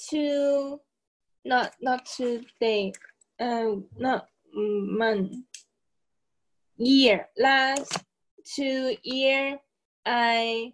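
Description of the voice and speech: An adult woman speaks haltingly, with long pauses and a repeated 'not', groping for a time span. This word-finding difficulty is typical of aphasia. She was hit by a car and spent 5 months in hospital.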